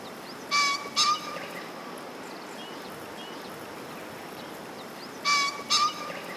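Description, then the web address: Green pheasant giving harsh, abrupt two-note calls, one pair near the start and another about five seconds later, over steady background hiss. "izumino saunndo kizi"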